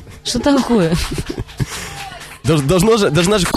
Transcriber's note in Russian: Смеются оба, слышны аплодисменты